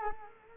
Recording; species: mosquito wingbeat signal from an infrared sensor; Culex quinquefasciatus